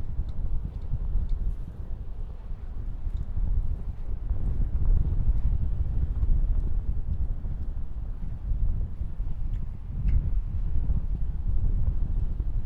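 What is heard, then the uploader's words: A beach ambience dominated by a steady low rumble, with wind buffeting the microphone and swelling slightly around four to six seconds and again near ten. Faint scattered ticks and clicks sit above the roar, and nothing stands out clearly in front. These relaxing sounds are coming to you from Jones Beach. 4:00 pm.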